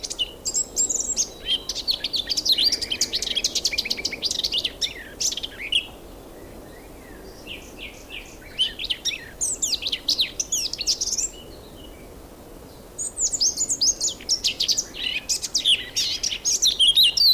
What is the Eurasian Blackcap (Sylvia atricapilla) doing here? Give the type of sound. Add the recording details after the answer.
song. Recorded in the wild. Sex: male. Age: adult. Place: Blankenfelde, Berlin, DE. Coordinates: 52.62, 13.37. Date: 1999-05-02 12:25. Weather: fair, 11 - 15°C. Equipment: Nagra SN, Kopie Uher 4000 Report Monitor. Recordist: Tembrock, Günter. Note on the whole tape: Gesang, mit Elementen der Dorngrasmücke - sehr ungewöhnliche Folgen, zuletzt frei sitzend (vorher an verschiedenen Stellen aufgenommen, immer dasselbe Tier (?). Südöstlich vom Köppchensee